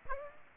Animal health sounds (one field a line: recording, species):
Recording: mosquito wingbeat signal from an infrared sensor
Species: Aedes aegypti